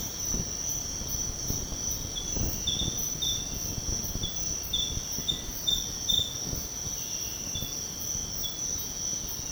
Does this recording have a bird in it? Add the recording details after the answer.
no. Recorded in pastures near Puerto Asís, Putumayo, Colombia, on 22 June 2025 at 05:30. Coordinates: 0.496, -76.326. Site GP01